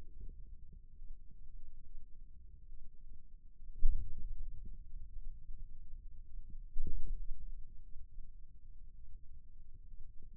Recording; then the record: forearm muscle sounds (acoustic myography)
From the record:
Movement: ulnar deviation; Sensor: system 2, bracelet of six BSWA MPA416 microphones around the upper forearm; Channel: 1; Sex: male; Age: 22 years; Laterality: right